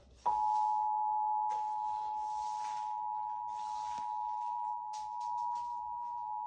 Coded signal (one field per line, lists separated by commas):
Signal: Emergency Alert System (SAME) tones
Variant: 853 and 960 Hz attention tone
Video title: WELCOME MARCH (3/1/23) EAS 661-665